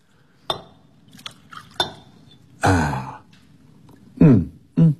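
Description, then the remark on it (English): A couple of sharp glassy clinks, then a short gurgling splash of brandy poured from a bottle into a glass, followed by two brief low throaty sounds. “May I pour you one?”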